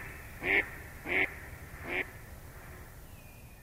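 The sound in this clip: Mallard quacking: three short, nasal quacks spaced well under a second apart, the last a little softer, over a quiet background hum.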